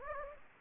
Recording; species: mosquito wingbeat signal from an infrared sensor; Anopheles gambiae